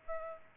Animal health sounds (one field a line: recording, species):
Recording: mosquito wingbeat signal from an infrared sensor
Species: Aedes albopictus